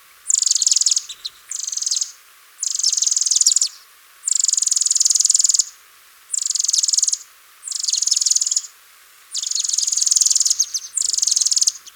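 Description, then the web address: Bar-winged cinclodes giving high, rapid trills in short bursts, repeated with short pauses between them. Hiss is faintly present in the background. Recorded in Ecuador. "Birds of Ecuador. Bar-Winged Cinclodes"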